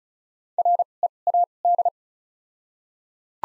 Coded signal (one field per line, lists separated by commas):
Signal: Morse code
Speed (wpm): 36 wpm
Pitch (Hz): 700 Hz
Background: none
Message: R E A D